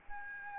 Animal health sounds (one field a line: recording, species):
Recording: mosquito wingbeat signal from an infrared sensor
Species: Aedes albopictus